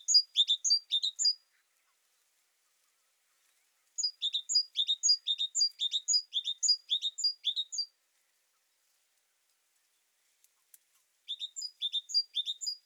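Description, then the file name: Great tit calls: bursts of rapid, high-pitched chattering notes in three series separated by silent pauses. "Parus major"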